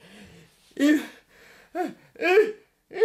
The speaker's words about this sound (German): Gesundheit